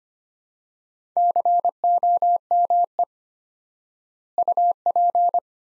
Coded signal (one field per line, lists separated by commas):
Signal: Morse code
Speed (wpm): 25 wpm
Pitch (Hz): 700 Hz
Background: none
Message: COME UP